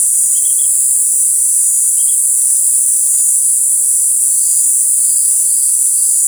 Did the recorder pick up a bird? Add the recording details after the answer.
no. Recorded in forest near Pivijay, Magdalena, Colombia, on 3 June 2023 at 18:30. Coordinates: 10.467, -74.380. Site Z5-G034